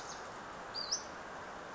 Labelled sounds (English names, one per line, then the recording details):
Western Flycatcher
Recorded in Sonoma County, California